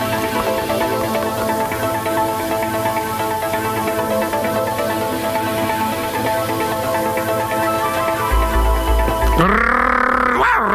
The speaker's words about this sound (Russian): Голосил пес Ройса, носясь по заднему двору.